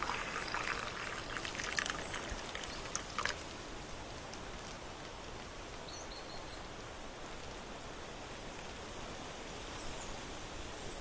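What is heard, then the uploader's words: Autumn sounds from a porch: a steady, dense outdoor hiss fills the whole clip, like wind or rustling leaves. For the first three seconds there are scattered crackles and clicks, a burst near the three-second mark, then it settles into an even wash with faint high chirps around six seconds. On the porch in autumn.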